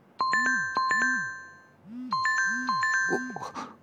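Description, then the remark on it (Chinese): A mobile phone plays a special ringtone, a bright, repeating electronic chime pattern in short bursts, stops for less than two seconds, then starts ringing again, with a soft rustle near the end. “铃声很快就消失了，可间隔不到两秒钟，再次响了起来。”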